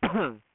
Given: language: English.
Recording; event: throat vibration sensor signal played as sound; cough